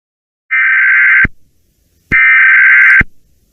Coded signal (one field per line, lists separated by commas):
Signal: Emergency Alert System (SAME) tones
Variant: header bursts